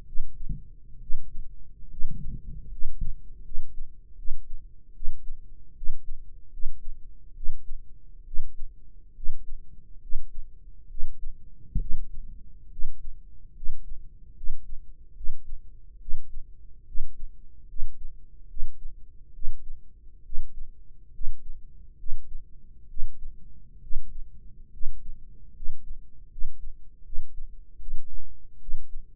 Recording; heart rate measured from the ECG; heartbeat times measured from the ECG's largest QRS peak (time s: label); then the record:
heart sounds by microphone in the right ear; 71 bpm
0.05 s: heartbeat
0.99 s: heartbeat
1.88 s: heartbeat
2.69 s: heartbeat
3.42 s: heartbeat
4.15 s: heartbeat
4.93 s: heartbeat
5.74 s: heartbeat
6.50 s: heartbeat
7.34 s: heartbeat
8.24 s: heartbeat
9.14 s: heartbeat
10.00 s: heartbeat
10.88 s: heartbeat
11.78 s: heartbeat
12.69 s: heartbeat
13.53 s: heartbeat
14.34 s: heartbeat
15.14 s: heartbeat
15.99 s: heartbeat
16.85 s: heartbeat
17.66 s: heartbeat
18.47 s: heartbeat
19.32 s: heartbeat
20.23 s: heartbeat
21.11 s: heartbeat
21.96 s: heartbeat
22.87 s: heartbeat
23.80 s: heartbeat
24.70 s: heartbeat
25.53 s: heartbeat
26.28 s: heartbeat
27.03 s: heartbeat
27.78 s: heartbeat
28.59 s: heartbeat
From the record:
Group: healthy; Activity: rest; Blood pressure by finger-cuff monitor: 134/82 mmHg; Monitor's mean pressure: 96 mmHg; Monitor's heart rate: 71 bpm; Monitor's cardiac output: 5.9 L/min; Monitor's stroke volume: 83 mL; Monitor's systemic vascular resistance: 1220 dyn s/cm5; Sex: male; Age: 21 years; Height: 180 cm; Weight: 67.5 kg